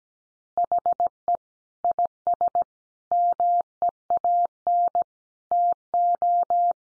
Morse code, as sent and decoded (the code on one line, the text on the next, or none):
.... . / .. ... / -- . .- -. / - ---
HE IS MEAN TO